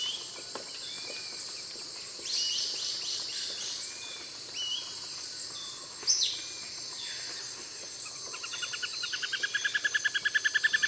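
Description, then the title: Greyish Mourner song: a fast series of repeated notes swelling in loudness over the last three seconds, after scattered chirps, over a steady high insect drone. Subspecies frederici. "LuckyPassaro Completos2Sama. Greyish Mourner (Rhytipterna simplex frederici)"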